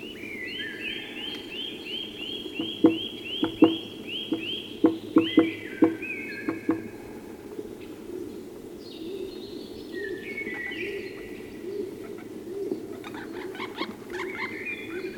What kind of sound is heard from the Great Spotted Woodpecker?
drumming